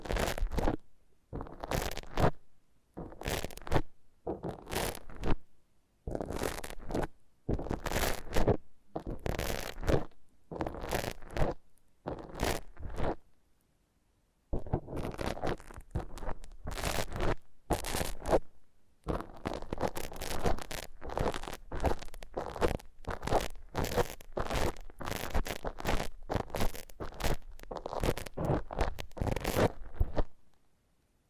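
Foam massage makes repeated rough rubbing strokes in short bursts, with a brief pause near fifteen seconds before the strokes come faster and denser.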